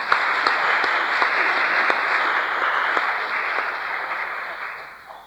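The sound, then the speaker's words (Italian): An audience applauds steadily, a dense wash of many hands clapping with a few sharper claps standing out, holding at an even level before fading off at the end. The applause is for Professor Maria Rocca, who is not present, as professors are introduced at the presentation of a higher course in religious sciences. “La professoressa Maria Rocca, un applauso anche se non è presente.”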